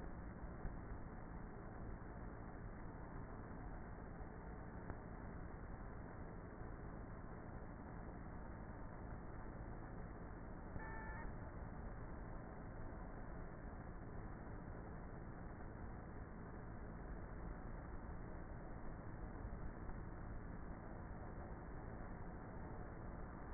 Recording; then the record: honeybee colony, microphone inside the hive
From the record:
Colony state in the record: queenless with a low population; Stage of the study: before two queens were removed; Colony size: about 30,000 bees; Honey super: no